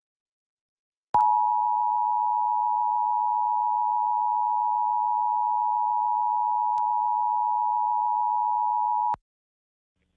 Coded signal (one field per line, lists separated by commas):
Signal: Emergency Alert System (SAME) tones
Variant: 853 and 960 Hz attention tone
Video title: Various Emergency Alert System (EAS) Tests - September 21-27, 2021